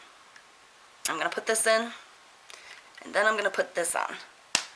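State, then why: Seated. A part is pushed into a refillable Bliss Kiss oil pen while someone talks. At 4.6 s a single sharp, loud click marks the part seating in place.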